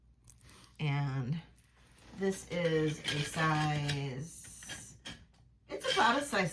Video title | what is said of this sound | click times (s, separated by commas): The Estate Jewelry Haul Begins! Check Out These RARE Pieces | And the clasp snaps into place. | 0.3 s, 0.4 s